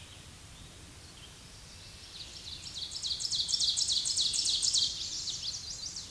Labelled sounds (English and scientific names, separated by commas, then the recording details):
Ovenbird (Seiurus aurocapilla) song
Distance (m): 15 m
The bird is about 5 m above the microphone
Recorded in a Pennsylvania forest on 16 May 2024 at 06:24
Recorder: AudioMoth, point MSD-2376
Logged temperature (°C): 16.7 °C
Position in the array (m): 135 m, 5 m